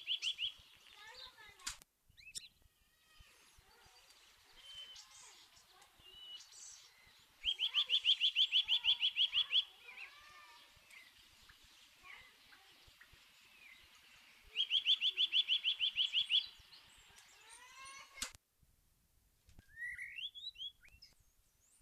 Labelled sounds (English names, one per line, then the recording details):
Eurasian Nuthatch song
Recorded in the wild
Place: Oberstdorf, Bayern, DE
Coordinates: 47.41, 10.2797
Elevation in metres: 803
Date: 1977-03-25
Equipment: Nagra IV, Sennheiser MKH 405, Parabolreflektor
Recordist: Tretzel, Erwin